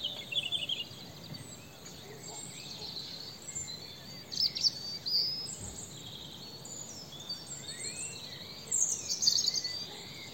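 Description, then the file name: European robin song: short, high, twittering phrases in three brief bursts over a soft background hiss. "Erithacus rubecula"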